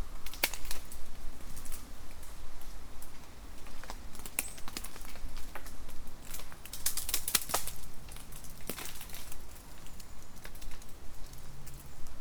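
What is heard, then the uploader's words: Acorns and bits of debris patter down through a woodland in irregular clusters of sharp, bright ticks and knocks, busiest around the middle and near the end. Beneath them runs a steady low rumble, with a faint hum rising and falling. Acorns Dropping. Acorn season in a woodland in northern Germany leads to lots of nice natural particle noise.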